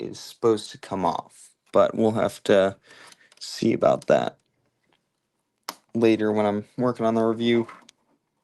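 A section of a plastic brick Ninjago 2026 building set is handled and joined onto the model during a live build while someone talks. A brief tap sounds around 5.7 s between stretches of speech. The clip ends before the part goes home, so nothing has seated or clicked yet.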